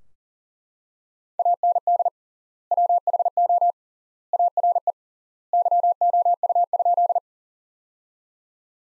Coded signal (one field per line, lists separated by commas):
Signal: Morse code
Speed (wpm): 40 wpm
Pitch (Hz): 700 Hz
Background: none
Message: AND WHO ARE YOU?